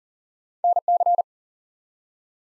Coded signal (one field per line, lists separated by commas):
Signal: Morse code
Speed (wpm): 42 wpm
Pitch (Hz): 700 Hz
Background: none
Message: NC